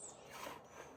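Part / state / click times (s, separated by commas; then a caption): trunk bag into bicycle rear rack rail / not seated / none. A trunk bag is slid onto a bicycle's rear rack along its rail, giving a soft, steady rustling and sliding sound with no sharp hits. The clip ends before the bag goes home: nothing has seated or clicked yet.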